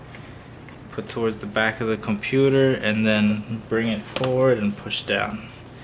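The bottom half of a plastic snap-on hard-shell case is set against the back of a laptop, brought forward and pressed down on the sides to clip onto the laptop body. Someone talks throughout with faint handling sounds in the background. Nothing has seated or clicked yet.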